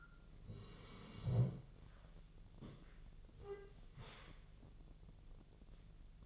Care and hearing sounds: daily activity, microphone in the room; sit down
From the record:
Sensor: 4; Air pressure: 1001.2 hPa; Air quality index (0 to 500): 182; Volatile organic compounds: 2 ppm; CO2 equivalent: 1306 ppm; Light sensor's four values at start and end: 14/33/13/13 and 14/33/13/14

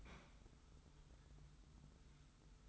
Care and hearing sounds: daily activity, microphone in the room; open fridge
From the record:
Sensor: 3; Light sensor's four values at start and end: 29/68/28/26 and 29/69/28/26

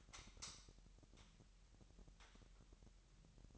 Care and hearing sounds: daily activity, microphone in the room; light on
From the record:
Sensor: 3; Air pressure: 1001.9 hPa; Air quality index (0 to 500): 244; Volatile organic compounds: 47 ppm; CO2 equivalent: 3250 ppm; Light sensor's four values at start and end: 6/13/5/5 and 11/30/12/12

